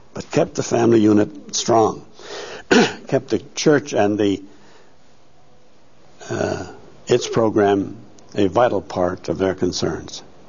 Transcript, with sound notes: They kept the family unit strong. ( he clears his throat ) They kept the church and the, its program, a vital part of their concerns.